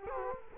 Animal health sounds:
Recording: mosquito wingbeat signal from an infrared sensor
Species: Culex quinquefasciatus

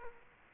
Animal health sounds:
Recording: mosquito wingbeat signal from an infrared sensor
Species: Culex quinquefasciatus

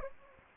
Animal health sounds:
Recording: mosquito wingbeat signal from an infrared sensor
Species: Anopheles gambiae

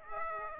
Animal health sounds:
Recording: mosquito wingbeat signal from an infrared sensor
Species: Aedes aegypti

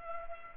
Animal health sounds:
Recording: mosquito wingbeat signal from an infrared sensor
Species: Culex pipiens

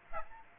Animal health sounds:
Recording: mosquito wingbeat signal from an infrared sensor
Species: Aedes aegypti

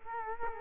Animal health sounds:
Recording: mosquito wingbeat signal from an infrared sensor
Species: Culex quinquefasciatus

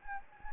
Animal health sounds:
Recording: mosquito wingbeat signal from an infrared sensor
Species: Anopheles gambiae

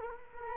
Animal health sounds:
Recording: mosquito wingbeat signal from an infrared sensor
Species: Culex quinquefasciatus

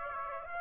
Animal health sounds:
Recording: mosquito wingbeat signal from an infrared sensor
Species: Aedes aegypti

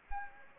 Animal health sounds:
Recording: mosquito wingbeat signal from an infrared sensor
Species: Anopheles gambiae

